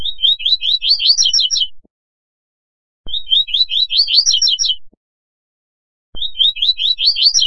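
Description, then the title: Double-collared seedeater singing a rapid, high, twittering phrase of buzzy chirps, nearly two seconds long, given twice with a short silence between, then begun a third time. "Canto Coleiro"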